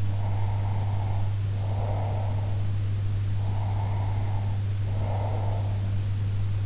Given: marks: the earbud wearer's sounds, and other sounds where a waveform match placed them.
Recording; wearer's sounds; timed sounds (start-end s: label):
sounds in sleep by an in-ear microphone; breath
0.04-2.61 s: breath
3.47-5.93 s: breath